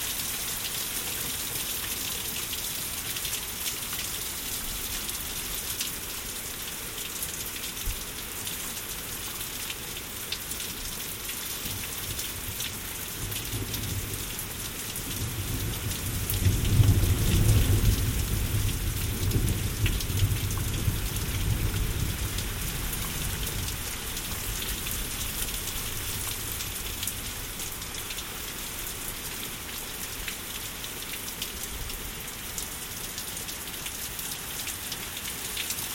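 Thunder storm with steady, dense rain hissing brightly across the whole clip. A low rumble of thunder builds from about 12 seconds, peaks near 17 seconds, then rolls away by around 27 seconds, leaving the even patter of rain.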